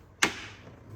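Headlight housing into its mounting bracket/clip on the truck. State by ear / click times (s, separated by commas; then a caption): seated / 0.2 s. On a 2003 Chevrolet Silverado, after the alignment pin is fitted, the plastic headlight housing is pushed back down on the other side until its retaining clip snaps into the truck's mounting bracket. A single sharp, bright snap at 0.2 s rises well above a quiet background and decays quickly. The headlight housing is seated.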